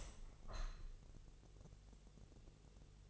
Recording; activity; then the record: daily activity, microphone in the room; open window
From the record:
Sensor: 4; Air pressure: 1001.2 hPa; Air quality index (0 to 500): 168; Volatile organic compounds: 2 ppm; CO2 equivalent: 1203 ppm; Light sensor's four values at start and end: 12/28/12/12 and 12/29/12/12